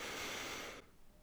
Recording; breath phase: one breath near a microphone; inhalation